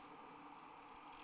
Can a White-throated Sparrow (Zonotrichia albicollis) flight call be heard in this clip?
no